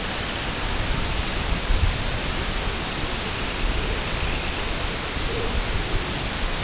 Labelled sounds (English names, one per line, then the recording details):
Semipalmated Sandpiper
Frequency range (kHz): Semipalmated Sandpiper 1.7-3.7 kHz
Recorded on Arctic tundra, site IGLO-A, on 22 June 2018
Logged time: 05:59